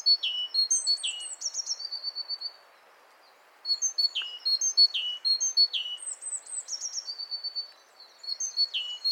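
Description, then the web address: Great tit calls: rapid high-pitched chirps, many sweeping downward, delivered in three lively bursts broken by short pauses. "SETE Parus major"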